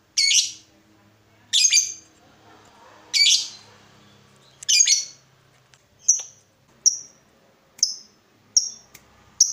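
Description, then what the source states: Yellow-vented bulbul harsh calls, rasping high bursts repeated every second or two, then shorter sharp chips coming more quickly near the end, with faint low background rumble. Used as a bird lure (pikat).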